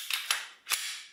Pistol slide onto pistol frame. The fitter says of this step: very simple just put it back on slide it back slowly you'll feel it click OK